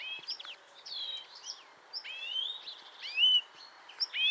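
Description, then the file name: European greenfinch calling amid overlapping twitters: several rising, drawn-out notes and jumbled chirps over a constant hiss, with one louder upswept note near the end. "Chloris chloris"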